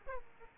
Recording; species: mosquito wingbeat signal from an infrared sensor; Aedes aegypti